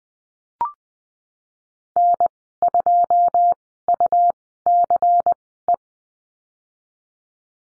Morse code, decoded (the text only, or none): N2UCE